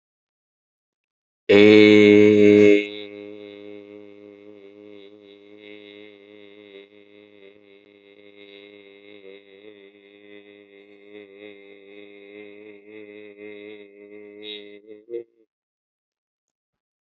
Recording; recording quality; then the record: sustained vowel as in made; excellent, no background noise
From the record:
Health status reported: healthy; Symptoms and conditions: none ticked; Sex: male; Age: 32 years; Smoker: not ticked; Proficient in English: yes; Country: India